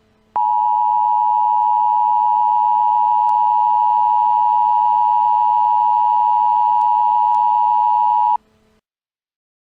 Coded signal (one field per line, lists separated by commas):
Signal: Emergency Alert System (SAME) tones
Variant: 853 and 960 Hz attention tone